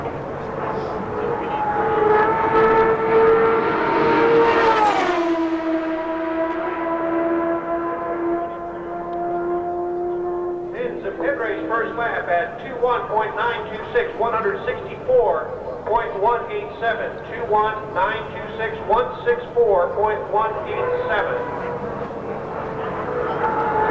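At Phoenix International Raceway, an engine whine climbs to a peak, drops to a steady drone, then gives way to choppy, pulsing revving.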